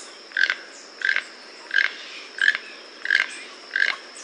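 Toucan repeating a hoarse, frog-like croak six times, evenly spaced about two-thirds of a second apart, against quiet background hiss.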